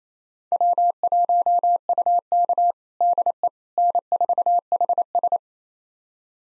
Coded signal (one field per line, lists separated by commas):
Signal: Morse code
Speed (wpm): 27 wpm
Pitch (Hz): 700 Hz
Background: none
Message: W1UK DE N4HS